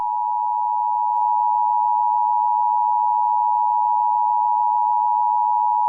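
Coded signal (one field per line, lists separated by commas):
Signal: Emergency Alert System (SAME) tones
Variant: 853 and 960 Hz attention tone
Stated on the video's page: Mock EAS scenario using valid EAS tones.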